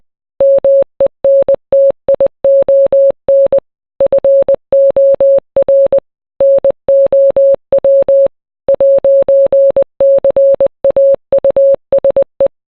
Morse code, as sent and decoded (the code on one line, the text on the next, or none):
-- . -. - .. --- -. / ..-. --- .-. / -. --- .-- / .----. -.-. .- ..- ... .
MENTION FOR NOW 'CAUSE